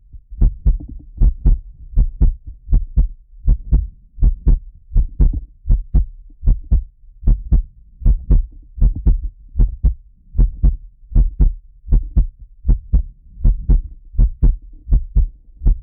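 A normal adult heartbeat heard through a close microphone on the chest, a steady lub-dub at about 79 beats per minute, listened to while lying on the chest.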